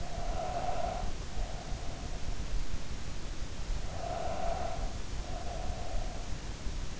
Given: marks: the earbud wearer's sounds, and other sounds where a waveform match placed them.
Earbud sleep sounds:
sounds in sleep by an in-ear microphone; breath
0.00-2.56 s: breath
3.75-6.38 s: breath

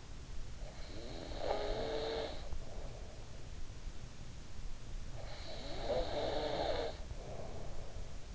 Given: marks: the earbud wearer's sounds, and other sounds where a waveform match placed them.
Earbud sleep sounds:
sounds in sleep by an in-ear microphone; snoring breath
0.29-3.54 s: snoring breath
4.91-8.35 s: snoring breath

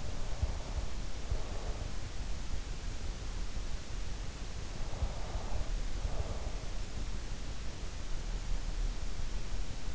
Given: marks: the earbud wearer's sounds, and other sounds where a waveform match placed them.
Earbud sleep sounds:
sounds in sleep by an in-ear microphone; breath
0.00-2.02 s: breath
4.70-6.78 s: breath

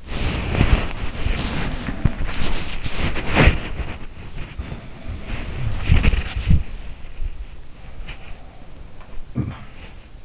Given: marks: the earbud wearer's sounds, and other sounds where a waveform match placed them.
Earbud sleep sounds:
sounds in sleep by an in-ear microphone; body movement
0.00-10.25 s: body movement
0.99-2.37 s: sound from someone else or the room
4.20-5.71 s: sound from someone else or the room
7.68-9.86 s: sound from someone else or the room

